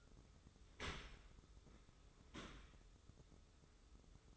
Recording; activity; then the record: daily activity, microphone in the room; open dishwasher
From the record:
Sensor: 3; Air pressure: 995.8 hPa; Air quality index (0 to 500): 97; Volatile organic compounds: 14 ppm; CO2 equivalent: 2433 ppm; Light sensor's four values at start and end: 29/87/37/32 and 29/87/37/32